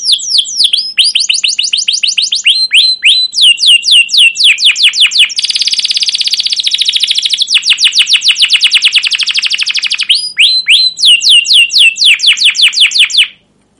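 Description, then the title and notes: Canary song: long continuous singing with fast downslurred notes, a dense buzzy rolling trill in the middle, then more rapid sweeping notes before stopping. Canary singing long, excited 'cuit cuit' phrases, used as a lure and master recording to teach young canaries to sing. "CUIT CUIT NGEROL LANGSUNG GACOR PANJANG Kenari Ini AMPUH Utk Pancingan KENAR. PANCINGAN Kenari GACOR PANJANG Cuit CUIT EMOSI ini AMPUH utk MASTERAN Kenari PAUD belajar BUNYI. burung kenari"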